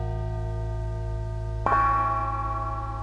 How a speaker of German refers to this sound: 2 Glocken.